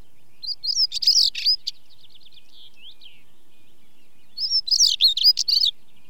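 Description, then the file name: Stonechat song: a scratchy, jangling phrase followed by faint thin notes, then a second similar phrase a few seconds later. British bird. "Stonechat song with chaffinch and skylarks in background"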